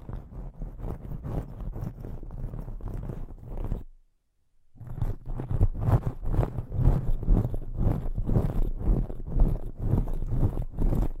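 Plants rubbed in circles around the ears make dense, scratchy rustling, pausing briefly near four seconds, then resuming with rhythmic, louder brushing swells.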